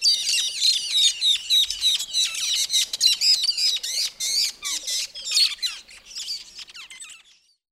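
Metallic starling calls: a dense, restless chatter of harsh squawks and metallic chips, nearly continuous for about six seconds before fading.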